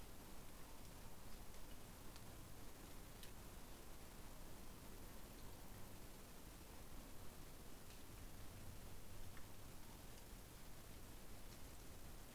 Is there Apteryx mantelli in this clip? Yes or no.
no